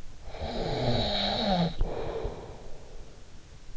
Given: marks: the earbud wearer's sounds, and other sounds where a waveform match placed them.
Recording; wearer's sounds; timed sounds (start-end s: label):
sounds in sleep by an in-ear microphone; snoring breath
0.29-3.21 s: snoring breath